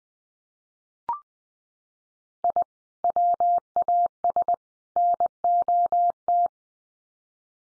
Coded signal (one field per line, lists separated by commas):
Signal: Morse code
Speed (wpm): 20 wpm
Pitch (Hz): 700 Hz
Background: none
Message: I WAS NOT